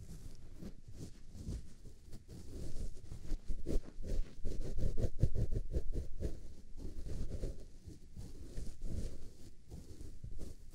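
Ear cleaning and massaging with dense, irregular rubbing and scratching, low and muffled, swelling louder around four to six seconds, with crackly bright ticks.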